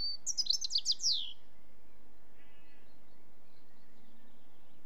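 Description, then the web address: European robin with a brief high, sweet trilling phrase lasting about a second, then only soft low rumble. "BBC Sound Effects Library. Robin"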